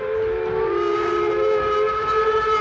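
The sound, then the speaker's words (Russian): A steam whistle blows one long, steady, shrill note with rich overtones, sustained the whole time over a low, rumbling rattle of a train departing from a station platform at night. “Поезд ушел быстро, его огни скоро исчезли, и через минуту уже не было слышно шума.”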